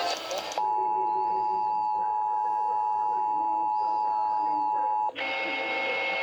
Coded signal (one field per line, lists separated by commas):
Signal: Emergency Alert System (SAME) tones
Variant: 853 and 960 Hz attention tone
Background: speech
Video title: August Has Arrived | EAS Tests From 8/3/2021 (EAS #827-836)